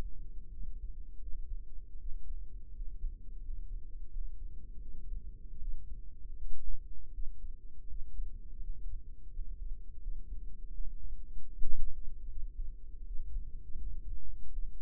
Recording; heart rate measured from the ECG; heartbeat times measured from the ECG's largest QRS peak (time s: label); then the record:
heart sounds by microphone in the right ear; 81 bpm
0.49 s: heartbeat
1.17 s: heartbeat
1.96 s: heartbeat
2.70 s: heartbeat
3.40 s: heartbeat
4.08 s: heartbeat
4.78 s: heartbeat
5.57 s: heartbeat
6.33 s: heartbeat
7.10 s: heartbeat
7.85 s: heartbeat
8.59 s: heartbeat
9.29 s: heartbeat
9.97 s: heartbeat
10.69 s: heartbeat
11.48 s: heartbeat
12.25 s: heartbeat
13.02 s: heartbeat
13.77 s: heartbeat
14.48 s: heartbeat
From the record:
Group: healthy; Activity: rest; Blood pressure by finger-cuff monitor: 104/57 mmHg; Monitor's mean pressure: 71 mmHg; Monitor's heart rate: 79 bpm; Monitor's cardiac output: 7 L/min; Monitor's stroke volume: 88 mL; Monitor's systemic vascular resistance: 720 dyn s/cm5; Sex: female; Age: 26 years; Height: 165 cm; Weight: 55 kg